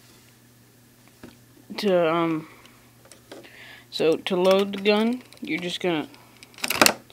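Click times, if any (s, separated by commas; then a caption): 6.8 s, 6.9 s. A magazine is slid up into the grip of an airsoft Colt M1911A1 pistol while someone talks. Near the end, a burst of sharp clicks ends in a loud, distinct double click at 6.8 and 6.9 seconds as the magazine latches in all the way.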